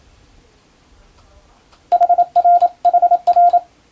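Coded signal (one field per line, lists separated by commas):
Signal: Morse code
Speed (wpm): 27 wpm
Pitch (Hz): 700 Hz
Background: none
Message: HRHR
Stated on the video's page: Japanese wabun Morse practice for the radiotelegraph operator national exam, using telegram practice texts.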